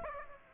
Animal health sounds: mosquito wingbeat signal from an infrared sensor; Aedes aegypti

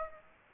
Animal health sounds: mosquito wingbeat signal from an infrared sensor; Aedes aegypti

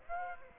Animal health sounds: mosquito wingbeat signal from an infrared sensor; Aedes aegypti

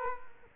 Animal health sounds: mosquito wingbeat signal from an infrared sensor; Culex quinquefasciatus

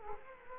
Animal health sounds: mosquito wingbeat signal from an infrared sensor; Culex quinquefasciatus

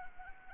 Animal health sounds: mosquito wingbeat signal from an infrared sensor; Anopheles arabiensis

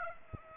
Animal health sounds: mosquito wingbeat signal from an infrared sensor; Aedes aegypti

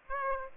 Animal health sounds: mosquito wingbeat signal from an infrared sensor; Aedes aegypti

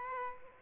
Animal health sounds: mosquito wingbeat signal from an infrared sensor; Aedes aegypti

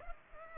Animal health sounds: mosquito wingbeat signal from an infrared sensor; Culex pipiens

